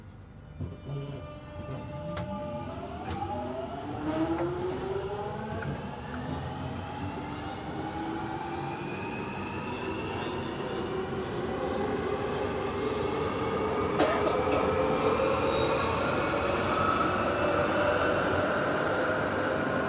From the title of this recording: London Underground Tube Train Journey on the Jubilee Line